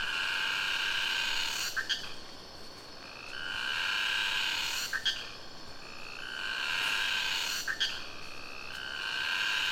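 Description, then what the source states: Cicada song: banded droning phrases with sharp clicks between them, swelling and fading in repeated cycles. Cicada singing close to the river in the Sumatra jungle, Ketambe, Aceh region; recorded with a Sony PCM D50.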